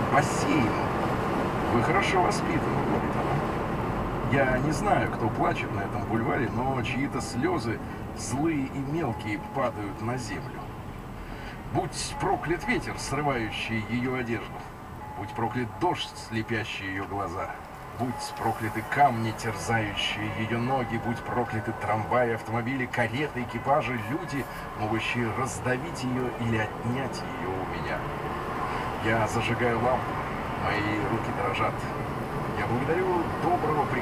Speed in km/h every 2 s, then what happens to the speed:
83, 77, 68, 59, 46, 27, 22, 16, 9, 3, 3, 1, 3, 11, 22, 33, 42.
0-21 brakes to 1. 21-23 standing. 23-34 pulls away to 42.